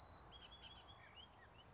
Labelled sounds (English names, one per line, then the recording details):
Bullock's Oriole
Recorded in Sonoma County, California